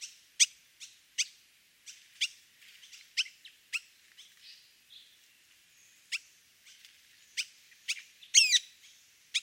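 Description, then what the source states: Sultan tit calls: sharp, high, clicking chips scattered irregularly, with a louder squeaky twittering burst near the end. Recorded in Thailand; a couple of sultan tits calling to each other.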